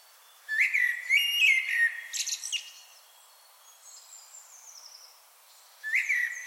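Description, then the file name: Common blackbird song: a mellow fluted phrase followed by a squeaky high twitter, a thin faint high note drifting between, then a new phrase beginning near the end. "Turdus merula"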